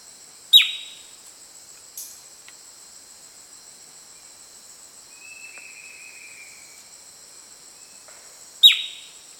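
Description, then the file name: Bird calls: sharp downward-sweeping chirps at the start and end, a softer note near two seconds, and a faint thin whistle in the middle, over a steady high hiss. "SABIOD 50 bird 2015"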